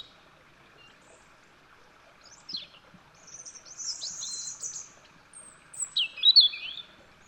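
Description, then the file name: European robin song: thin, high warbled phrases with sliding whistles and a sharp trill, separated by short pauses against a quiet background. "Erithacus rubecula"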